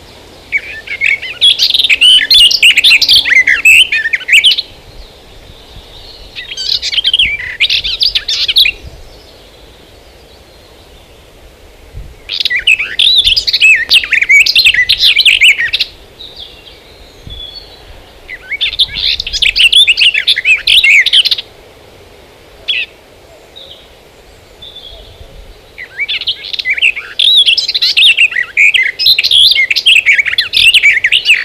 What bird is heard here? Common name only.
Garden Warbler